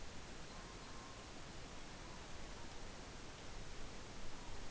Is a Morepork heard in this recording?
yes